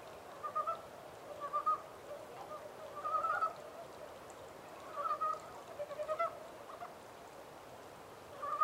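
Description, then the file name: Montane brown frog croaks, brief clucking bursts at irregular intervals against a hissing background. 14 April 2010. "yamaakagaeru-20100414"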